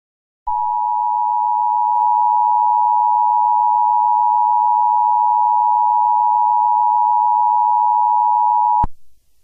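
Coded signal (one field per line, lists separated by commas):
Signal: Emergency Alert System (SAME) tones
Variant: 853 and 960 Hz attention tone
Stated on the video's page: Fictional Emergency Alert System scenario, not a real alert.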